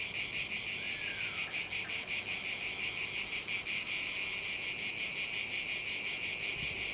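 Cicada chorus of harsh, pulsing buzzes, steady throbs close to three per second.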